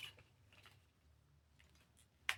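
A snap-on plastic cover is pressed back into its snap clips on a Quest Pro VR headset. Faint ticks and rustles come first, then one sharp snap at 2.3 s as the cover seats and the headset is all back together.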